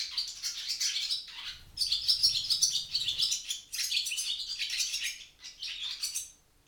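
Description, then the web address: Barn swallow chatter in bursts of quick, high chirps separated by short gaps, with a faint low rumble underneath in the middle. "ixoi Stavloxelidono"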